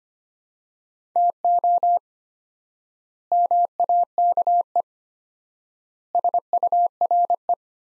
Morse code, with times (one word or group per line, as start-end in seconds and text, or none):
1.2-2.0 TO
3.3-4.8 MAKE
6.2-7.5 SURE